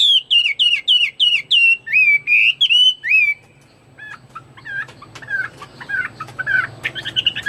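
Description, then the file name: Chinese hwamei song: a series of loud looping whistled notes, then a brief pause and softer, varied chattering and whistled phrases. "omkicau hwamei"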